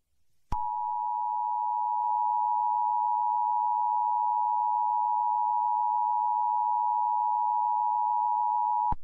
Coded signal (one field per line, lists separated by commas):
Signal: Emergency Alert System (SAME) tones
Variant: 853 and 960 Hz attention tone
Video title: EAS Short Scenario #10 - Gamma Ray Hits Earth